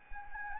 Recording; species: mosquito wingbeat signal from an infrared sensor; Anopheles gambiae